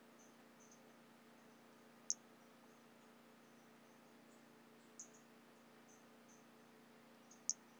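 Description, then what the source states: White-lined pumpkin toadlet calling with three thin, very high clicks spread a few seconds apart over a steady low hum. Recorded in 2017.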